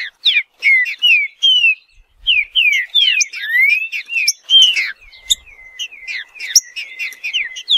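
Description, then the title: Green-winged saltator song of rich, rapidly repeated whistled and slurred notes, bright and continuous, with brief pauses between bursts. Bird named Nicão, in the wild in the bush, singing in a contest against a free-living bird. "Trinca Ferro NICÃ O No Mato Disputando Com Solto"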